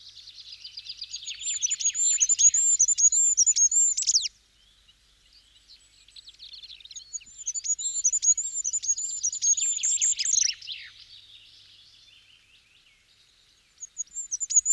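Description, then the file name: Goldcrest singing two long strophes of extremely high, cycling see-see notes over a denser, lower twitter. The first ends abruptly, the second trails off, and a third phrase starts at the end. "kosmos 93 wintergoldhaehnchen"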